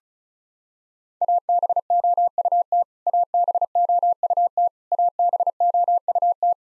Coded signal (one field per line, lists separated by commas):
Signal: Morse code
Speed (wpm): 36 wpm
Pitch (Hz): 700 Hz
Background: none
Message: ABOUT ABOUT ABOUT